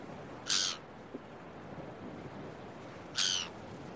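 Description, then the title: Gull giving two loud, clipped harsh calls nearly three seconds apart against soft surf noise. Early morning on a beach with waves. "Early Morning Seagulls and Beach Waves"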